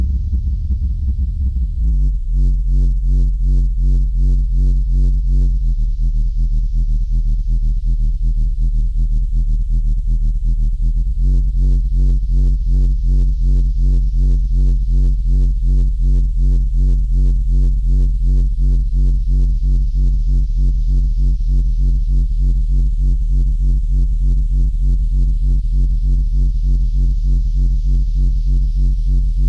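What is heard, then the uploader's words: One long, low D holds steady and loud for the whole clip with a fast even throb, its overtones shifting slightly around two, six and eleven seconds. This piece was created, recorded live playing one long low D on a Roland Juno-D while manipulating the Filter Cutoff, Resonance and LFO Speed and Depth.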